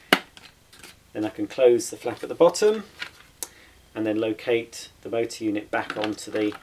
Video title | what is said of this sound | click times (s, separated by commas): Dyson DC35 Digital Slim Vacuum Cleaner Unboxing & First Look | until it clicks which it has done | 0.1 s